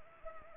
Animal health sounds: mosquito wingbeat signal from an infrared sensor; Anopheles gambiae

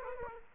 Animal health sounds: mosquito wingbeat signal from an infrared sensor; Aedes aegypti

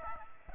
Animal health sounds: mosquito wingbeat signal from an infrared sensor; Aedes aegypti

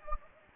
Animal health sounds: mosquito wingbeat signal from an infrared sensor; Anopheles gambiae

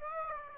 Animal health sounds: mosquito wingbeat signal from an infrared sensor; Aedes aegypti

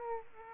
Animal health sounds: mosquito wingbeat signal from an infrared sensor; Aedes aegypti

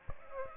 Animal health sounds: mosquito wingbeat signal from an infrared sensor; Aedes aegypti

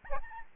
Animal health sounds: mosquito wingbeat signal from an infrared sensor; Aedes albopictus

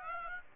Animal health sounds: mosquito wingbeat signal from an infrared sensor; Aedes aegypti

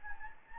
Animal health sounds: mosquito wingbeat signal from an infrared sensor; Anopheles gambiae

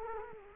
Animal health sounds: mosquito wingbeat signal from an infrared sensor; Culex quinquefasciatus

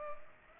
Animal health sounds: mosquito wingbeat signal from an infrared sensor; Culex pipiens

